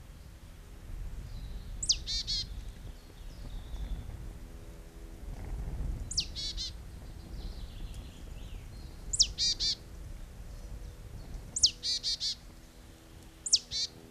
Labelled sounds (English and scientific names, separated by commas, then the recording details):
Marsh Tit (Poecile palustris) song
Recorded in the wild
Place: Oberstdorf, Bayern, DE
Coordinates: 47.41, 10.2792
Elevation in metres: 809
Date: 1979-04-13
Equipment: Uher 4000 Report
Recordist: Tretzel, Erwin